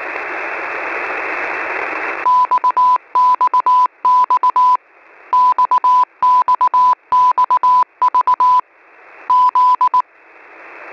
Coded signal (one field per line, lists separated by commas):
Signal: Morse code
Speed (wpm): 19 wpm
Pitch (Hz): 1000 Hz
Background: none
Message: XXX XXX VZ